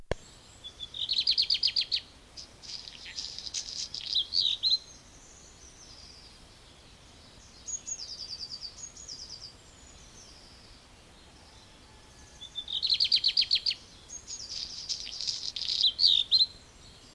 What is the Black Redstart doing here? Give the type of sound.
song